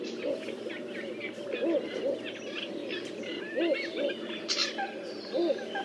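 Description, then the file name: Little bittern giving short, deep, rounded croaks every second or two over a dense background chorus of other birds. "Blongios nain"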